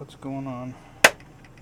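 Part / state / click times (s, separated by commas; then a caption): small console part (likely a clip or clamp) into the game console board assembly / seated / 1.0 s. Someone talks briefly while reassembling a lightning-struck PS5 that has no power, then pushes a small part, likely a clip or clamp, into the console board assembly. It seats with one loud, sharp click at 1.1 s, followed by a few faint ticks.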